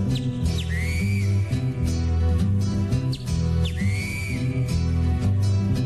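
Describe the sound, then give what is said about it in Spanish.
A whistled imitation of a great kiskadee call sounds twice, about three seconds apart, each a quick rising note sliding into a held tone, riding over steady, full instrumental music. “Grita el bicho feo.”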